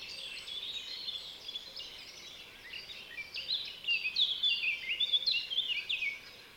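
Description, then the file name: Eurasian blackcap giving a dense, scratchy warble of quick high notes, quieter at first, then louder and busier in the second half. "Sylvia atricapilla"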